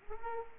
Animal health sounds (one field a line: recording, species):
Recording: mosquito wingbeat signal from an infrared sensor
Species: Culex quinquefasciatus